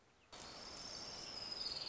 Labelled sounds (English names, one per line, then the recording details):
Orange-crowned Warbler
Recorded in Sonoma County, California